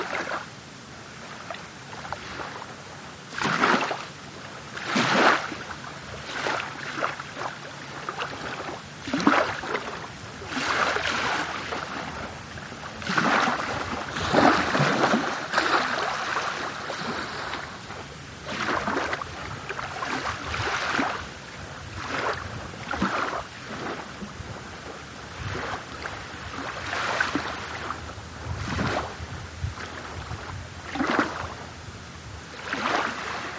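Small waves lap and splash in quick, irregular bursts every second or two over a steady hiss of water.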